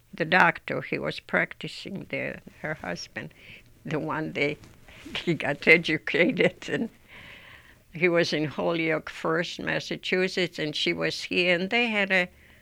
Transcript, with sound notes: The doctor, he was practicing there, her husband. The one that, he got educated. ( she laughs ) And he was in Holyoke first, Massachusetts. And she was here, and they had a